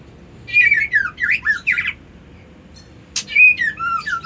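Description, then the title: White-eye song: two quick phrases of high, sweet, slurred warbling notes separated by a brief pause, the second opening with a sharp click. Song style called ngerol ngalas. "Suara Burung Pleci Ngerol Ngalas Mantap"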